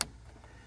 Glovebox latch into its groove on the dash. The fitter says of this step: you can see where the groove is use your muscles and push it in and you hear that snap